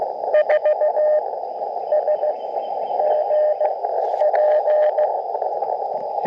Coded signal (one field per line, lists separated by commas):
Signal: Morse code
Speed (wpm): 19 wpm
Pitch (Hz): 600 Hz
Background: radio noise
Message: 4 S G P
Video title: Quick POTA Activation QRP CW 5/13/23 @ K-3684